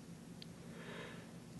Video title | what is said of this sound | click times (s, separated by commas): Fabrication - Cordless System | then rotate the shade forward until it snaps into the bracket | 0.4 s